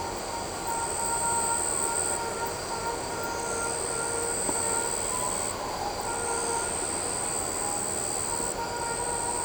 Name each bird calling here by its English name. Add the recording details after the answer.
none. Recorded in shrubland near Pivijay, Magdalena, Colombia, on 17 April 2023 at 19:30. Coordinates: 10.453, -74.365. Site P5-G022